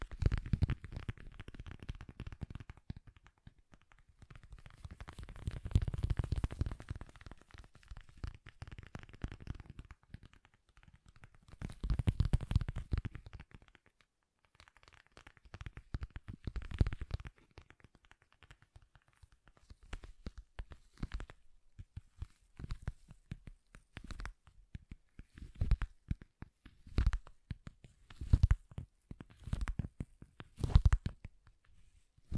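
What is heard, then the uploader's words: Soft, bassy tapping with low thuds and faint crinkly rustles. The first half comes in dense, rumbling bursts around 5–7 and 12–13 seconds, then gives way to quicker, separate taps that grow sharper and more frequent toward the end. ASMR Bassy and Soft Tapping Sounds.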